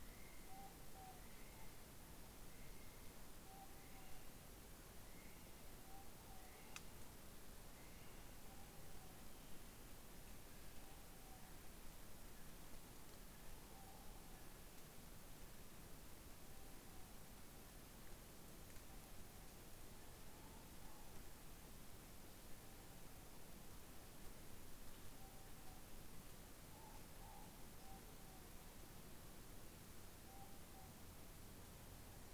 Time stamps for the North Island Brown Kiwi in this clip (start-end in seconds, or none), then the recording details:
0.00-8.43. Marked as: faintness 3/5. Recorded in New Zealand on 16 November 2013. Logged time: 21:44. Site BS16